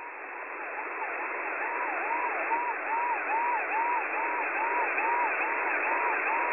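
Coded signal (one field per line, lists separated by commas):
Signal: unidentified radio signal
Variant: siren jammer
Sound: hissing noise with a repeating wobbling siren-like tone, about two sweeps per second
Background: radio static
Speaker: this is a siren Jammer there are a few different ones out there all with different sounds but this one I immediately recognized it never changes and hasn't done for many years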